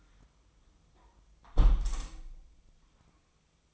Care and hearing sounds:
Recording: daily activity, microphone in the room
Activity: close window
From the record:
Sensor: 1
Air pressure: 1004.7 hPa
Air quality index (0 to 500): 120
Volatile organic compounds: 4 ppm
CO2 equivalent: 1671 ppm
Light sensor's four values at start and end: 9/21/8/9 and 8/21/8/9

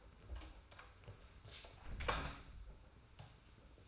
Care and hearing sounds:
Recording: daily activity, microphone in the room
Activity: close door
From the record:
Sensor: 2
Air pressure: 991.4 hPa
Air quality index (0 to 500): 144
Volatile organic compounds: 321 ppm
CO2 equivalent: 4525 ppm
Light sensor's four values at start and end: 32/94/37/35 and 32/94/37/35

